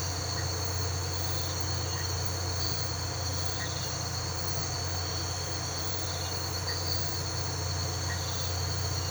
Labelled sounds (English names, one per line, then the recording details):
none
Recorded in pastures near Puerto Asís, Putumayo, Colombia, on 13 March 2025 at 04:30
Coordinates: 0.466, -76.322
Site CSA-02